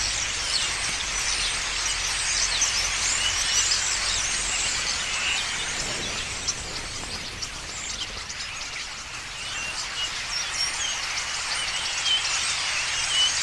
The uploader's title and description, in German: Stare Am Abend. Stare die landen. Einmal zu hunderten, einmal einzeln (einer berührt dabei sogar mein Mikrophon) und sich laut zu unterhalten beginnen.